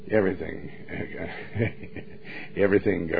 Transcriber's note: laughs